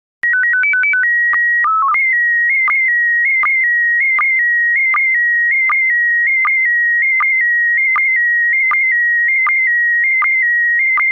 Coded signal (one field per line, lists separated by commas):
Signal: SSTV (slow-scan television)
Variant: PD 180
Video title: Slow Scan Radio, August 22, 2018, Ep. 5